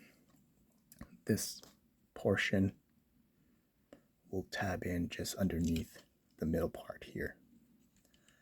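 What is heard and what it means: Someone talks while handling a plastic panel of a Transformers Reactivate Optimus Prime transforming toy robot, lining its tab up to go in just underneath the figure's middle section. A few faint handling ticks are heard around 0.9, 1.0, 3.9, 8.1 and 8.3 seconds. The clip ends before the part goes home, so nothing has seated or clicked yet.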